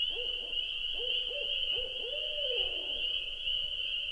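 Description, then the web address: Owl hoots in a quick series of short, slightly rising notes, closing with a long slurred hoot that drops away, above a steady shrill night chorus. Recorded at night at a lake in Wisconsin in 2019. "Wisconsin 2019 Owl Night Lake III"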